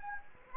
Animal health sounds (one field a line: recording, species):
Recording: mosquito wingbeat signal from an infrared sensor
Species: Anopheles gambiae